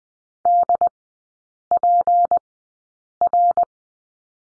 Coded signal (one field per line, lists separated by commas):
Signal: Morse code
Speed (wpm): 20 wpm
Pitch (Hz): 700 Hz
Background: none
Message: DPR